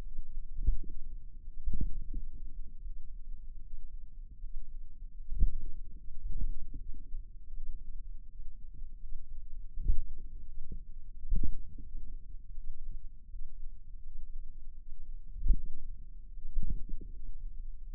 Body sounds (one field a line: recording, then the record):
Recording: forearm muscle sounds (acoustic myography)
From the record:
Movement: finger pinch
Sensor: system 2, bracelet of six BSWA MPA416 microphones around the upper forearm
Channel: 4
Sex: female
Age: 23 years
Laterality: right